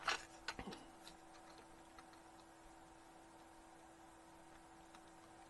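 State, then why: Not seated. A small plastic door handle head is pushed onto the right door of a Fanhome die-cast model of the '66 Batmobile, giving a few faint plastic ticks around 0.5, 0.6, 0.7 and 2.0 seconds over a steady low hum. Nothing has seated or clicked yet: the handle does not stay on, so it will be glued as on the left door.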